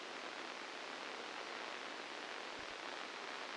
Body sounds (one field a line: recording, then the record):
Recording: brain microelectrode recording played as sound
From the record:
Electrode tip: inside the subthalamic nucleus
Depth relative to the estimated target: 2 mm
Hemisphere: left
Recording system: NeuroSet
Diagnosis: Parkinson's disease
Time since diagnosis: 12 years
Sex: male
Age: 61 years